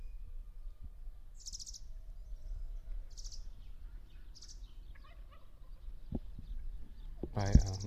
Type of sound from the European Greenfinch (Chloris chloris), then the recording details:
call. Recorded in the wild. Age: adult. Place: Vasilikos, Zakynthos, Ionien Islands, GR. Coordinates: 37.7131, 20.9775. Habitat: coniferous forest. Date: 2012-07-04. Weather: 25°C, sunny, almost windless. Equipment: Sound Devices 702, Sennheiser MKH 415 T, Rhode Windschutz. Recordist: Frommolt, Karl-Heinz. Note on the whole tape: Pinienwald in der Nähe von Vasilikos: Rufe eines Grünfinken im Überfliegen